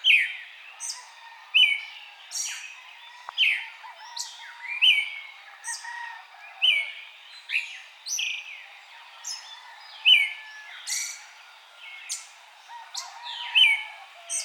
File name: Eastern Red-legged Thrush